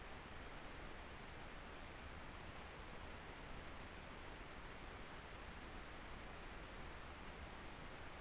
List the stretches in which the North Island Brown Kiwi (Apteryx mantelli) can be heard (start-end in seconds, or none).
none